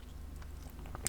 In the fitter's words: After cleaning, it should be snapped right here.